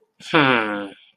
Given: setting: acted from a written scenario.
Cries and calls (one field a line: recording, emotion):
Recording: vocal sound without words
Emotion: confusion